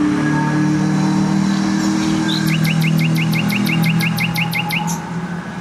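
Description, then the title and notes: Nightingale song: a fast series of repeated sharp rising notes, rattled quickly, partly masked by loud roaring road traffic. Singing in bushes close to a noisy motorway, Trasa Toruńska, Bródno-Podgrodzie, Warsaw, Poland; recorded with an Olympus LS-11. "Bródno-Podgrodzie, Warszawa, Polska - Trasa Toruńska Nightingale. Recording nightingale singing in bushes close to noisy motorway"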